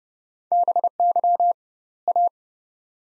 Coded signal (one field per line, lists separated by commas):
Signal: Morse code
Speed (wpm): 32 wpm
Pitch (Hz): 700 Hz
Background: none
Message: BY A